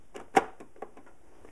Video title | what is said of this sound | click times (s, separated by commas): HP ProLiant Microserver | and it locks into place | 0.4 s